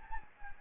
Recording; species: mosquito wingbeat signal from an infrared sensor; Anopheles gambiae